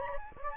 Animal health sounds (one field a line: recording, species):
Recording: mosquito wingbeat signal from an infrared sensor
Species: Anopheles gambiae